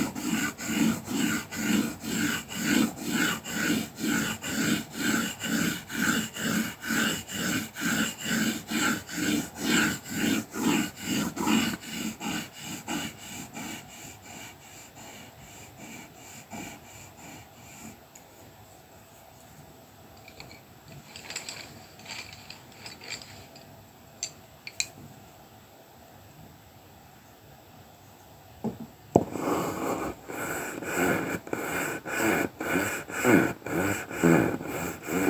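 Colouring pencil strokes scratch back and forth in a fast, regular rhythm for the first dozen seconds, each stroke a brief papery rasp. After that the strokes thin into softer, sparser rubbing with a few isolated taps, then quicker scratching returns near the end.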